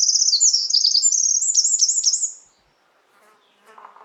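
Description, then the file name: Eurasian wren song: a rapid, very high, tinkling run of trills and warbles lasting about two and a half seconds, then quiet with a faint low buzz near the end. "Troglodytes troglodytes"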